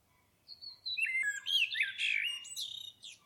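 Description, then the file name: Common blackbird song phrase opening with a thin high whistle, then tumbling into loud mellow warbled notes mixed with squeaky high twitters. "Turdus merula"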